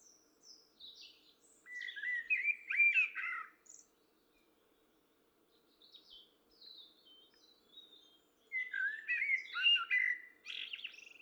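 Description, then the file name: Common blackbird: a phrase of mellow whistles with a high twittering tail, a pause with faint squeaks, then another warbled phrase. "Turdus merula"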